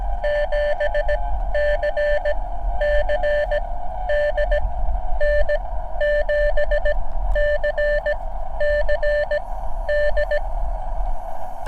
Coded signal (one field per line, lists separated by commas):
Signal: Morse code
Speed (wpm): 17 wpm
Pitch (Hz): 590 Hz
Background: none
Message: 7CCD N7CCD